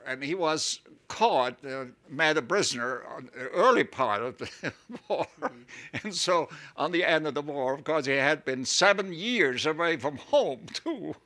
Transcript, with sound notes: And he was caught, made a prisoner in the early part of the war. (he laughs) And so, on the end of the war, of course, he had been seven years away from home, too!